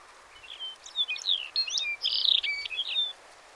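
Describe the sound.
Lapland longspur giving a quick jingling warble of slurred, varied high notes running about two and a half seconds, with a faint steady background hiss.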